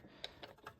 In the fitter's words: You hear another click, and you're good to go.